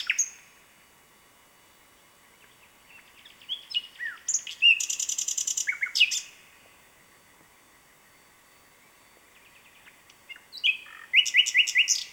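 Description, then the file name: Common nightingale song with varied chirps and slurred notes building to a loud buzzy trill, then a pause and a closing run of quickly repeated rising notes. "Luscinia megarhynchos"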